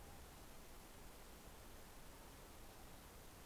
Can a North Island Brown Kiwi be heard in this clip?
no